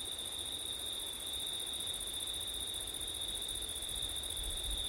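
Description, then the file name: Crickets chirping in a steady, continuous high-pitched trill with a second band higher up, under a soft, even hiss of wind. Crickets recorded on a September night with wind; ORTF microphone setup. "crickets wind september night ortif"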